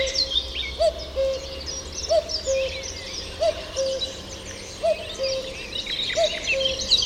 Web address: chant didier collin coucou gris